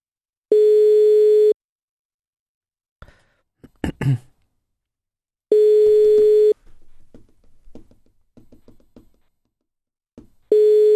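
telephone ringing tone

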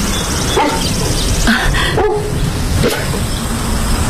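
dog barking

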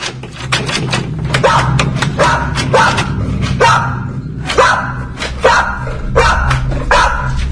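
dog barking

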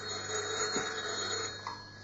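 telephone ringing

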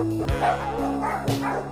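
dog barking

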